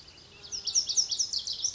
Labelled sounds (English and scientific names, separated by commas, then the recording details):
Pacific Wren (Troglodytes pacificus)
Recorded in Sonoma County, California